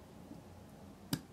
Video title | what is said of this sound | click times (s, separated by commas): Building an M14/M1A, Part 1: Receiver Inspection and Parts Fit | so we have heard it clunk once and this is our sweet spot | 1.1 s